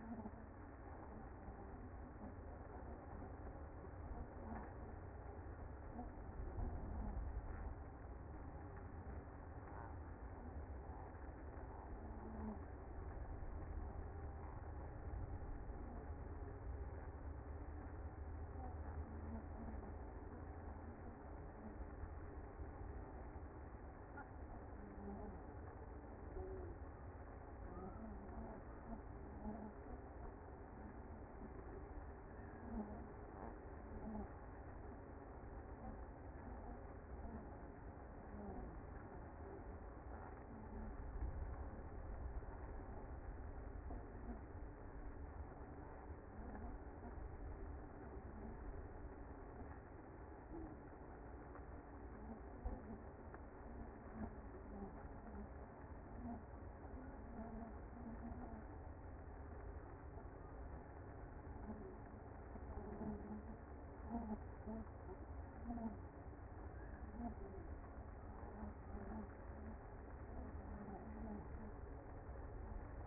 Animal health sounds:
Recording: honeybee colony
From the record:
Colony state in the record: active

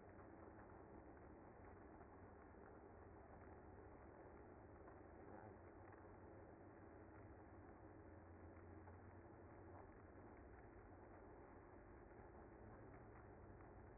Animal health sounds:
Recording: honeybee colony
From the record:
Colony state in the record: active

